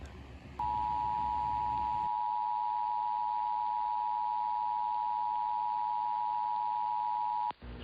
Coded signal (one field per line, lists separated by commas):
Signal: Emergency Alert System (SAME) tones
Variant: 853 and 960 Hz attention tone